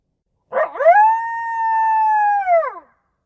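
Coyote howl: a short rough bark-like onset, then one steady, level, tonal howl lasting about two seconds that drops away at the end.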